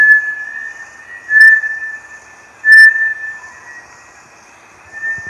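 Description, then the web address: Bartlett's tinamou with steady, pure whistles, two loud notes about one and a half seconds apart among softer ones; a few low thumps near the end. "sound Bartlett's-tinamou. صدای-پرنده-وشم-بارتلت"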